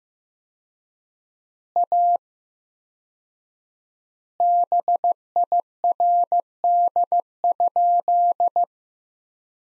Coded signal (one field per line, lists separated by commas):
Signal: Morse code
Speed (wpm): 15 wpm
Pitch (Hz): 700 Hz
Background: none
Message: A BIRD?